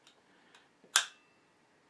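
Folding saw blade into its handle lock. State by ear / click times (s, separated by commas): seated / 1.0 s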